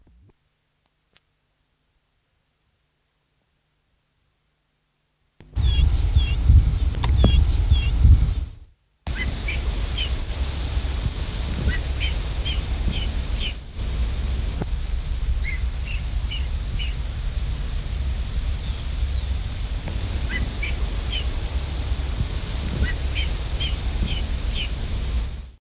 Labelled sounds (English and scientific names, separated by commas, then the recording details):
Common Pheasant (Phasianus colchicus) call
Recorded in captivity
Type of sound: call
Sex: diverse
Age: diverse
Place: DE
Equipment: Halbspur, 9,5 cm/s
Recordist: Lütgens, Hans
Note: Junger Fasan, dann lockendes Weibchen, am "Hilleberg" (?)